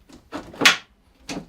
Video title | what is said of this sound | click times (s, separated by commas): Anker SOLIX F3800 Full Potential: HPP Installation Guide | go until you hear it click just like that and we'll do the same on our f3800 | 0.7 s